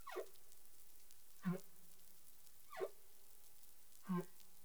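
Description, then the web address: Humpback whale calls: four short downward-sweeping units dropping into low grunts, spaced about every one and a third seconds, with steady hiss of water behind. Caribbean waters; recorded 20 April 2021 at 03:38 UTC. "CARIMAM clean data humpback whale"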